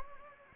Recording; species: mosquito wingbeat signal from an infrared sensor; Anopheles gambiae